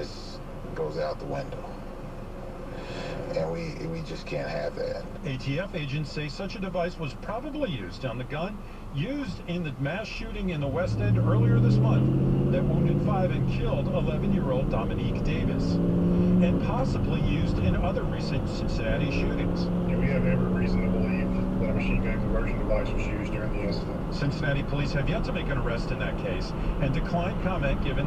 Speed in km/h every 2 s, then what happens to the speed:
0, 0, 0, 0, 0, 0, 13, 23, 31, 34, 39, 45, 50, 52.
0-10 standing. 10-28 pulls away to 52.